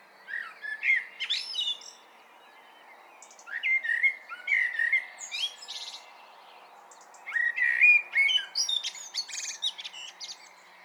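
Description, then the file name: Common blackbird song in three spaced phrases, mellow fluted warbles running into thin, rapid high squeaks, quiet pauses between. "Turdus merula"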